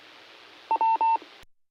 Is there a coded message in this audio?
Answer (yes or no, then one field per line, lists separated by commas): no